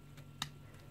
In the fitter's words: then you turn it to the right snaps in place now its cabled so